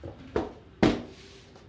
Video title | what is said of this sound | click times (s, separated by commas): Bancada para tupia como inverter tupia na bancada curso marcenaria Router bench as invert router | o contrário trabalho com a fresa volto ali encaixado travada | 0.8 s